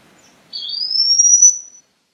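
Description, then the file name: Olive manakin singing a single clear, high whistle that slides smoothly upward for just over a second, then silence. "Canto do dancarino olivaceo"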